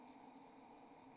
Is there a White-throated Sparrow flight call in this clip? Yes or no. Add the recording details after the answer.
no. No flight call is heard. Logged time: 01:26 on 28 November 2014